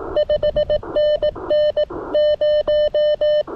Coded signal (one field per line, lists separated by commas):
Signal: Morse code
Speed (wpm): 18 wpm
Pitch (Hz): 590 Hz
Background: none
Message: 5NN 0